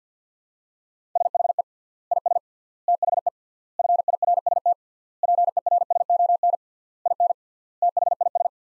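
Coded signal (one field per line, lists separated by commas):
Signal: Morse code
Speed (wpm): 50 wpm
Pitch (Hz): 700 Hz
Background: none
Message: SHE IS THE FIRST PERSON IN THIS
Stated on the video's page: Morse practice sentences from the top 400 words at 50 wpm, with 3x standard word spacing, an approach analogous to Farnsworth using words instead of characters.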